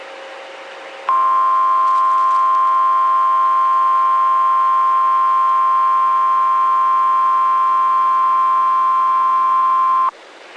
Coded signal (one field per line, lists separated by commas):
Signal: Emergency Alert System (SAME) tones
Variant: 1050 Hz attention tone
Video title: Severe Thunderstorm Warning (4/21/26) [EAS #402]